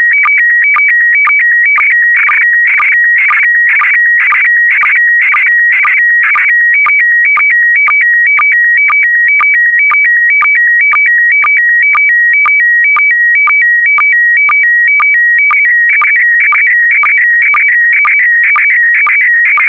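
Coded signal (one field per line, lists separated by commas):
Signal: SSTV (slow-scan television)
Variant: PD120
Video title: (03 of 12) ISS Expedition 63 - MAI-75 September 2020 - Retransmission SSTV PD120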